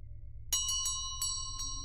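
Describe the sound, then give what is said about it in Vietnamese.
A brass bell jingles in several quick, bright strikes, its high metallic ringing tones sustaining and overlapping over a low steady rumble. “Hoa hương đầu đau như búa bổ, bên tai cô là tiếng chuông đồng len keng, nghe chối vô cùng.”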